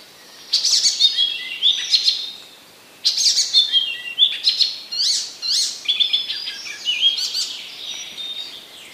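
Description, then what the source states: Icterine warbler song in two rich, rambling bursts of high chattering and whistled notes, with a short pause between the phrases. Recorded in 2015; part of a passerine collection.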